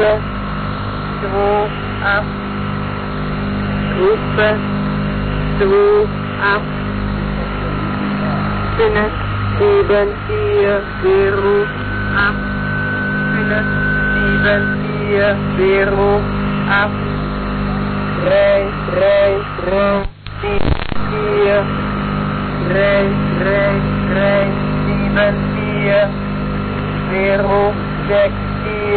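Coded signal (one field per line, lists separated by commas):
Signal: numbers station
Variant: G12, German female voice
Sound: a voice reading German numbers in groups over a constant hum and radio noise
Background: radio static, hum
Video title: Zahlensender/Numbers Station "G12" ("NNN") (Austria) (12/1988-1997)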